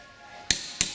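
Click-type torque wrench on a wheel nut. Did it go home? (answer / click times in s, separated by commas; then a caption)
yes / 0.5 s. A click-type torque wrench tightens the opposite wheel nut in a cross pattern until it clicks at its 115 Nm setting, with a sharp metallic click at 0.5 s. A second, slightly quieter sharp sound follows at 0.8 s over a faint steady background. The nut is confirmed tightened to torque.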